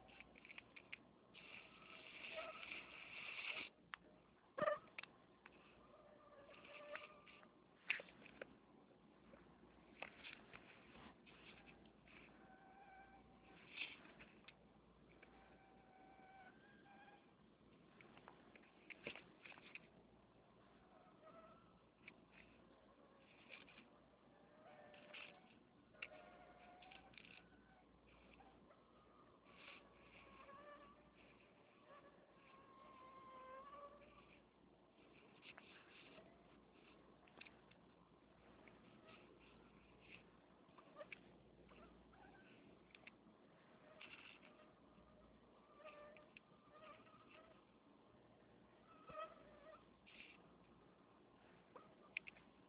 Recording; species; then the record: mosquito flight sound by mobile phone; Anopheles minimus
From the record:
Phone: Nokia 6555B